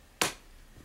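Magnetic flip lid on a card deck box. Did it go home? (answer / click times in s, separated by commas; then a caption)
yes / 0.2 s. The magnetic flip lid of a Dex Protection ProLine Deck Box Small, let go about an inch from closed, is pulled out of the hand by its sturdy magnet. It snaps shut with a single sharp snap at 0.2 s. The lid seats closed.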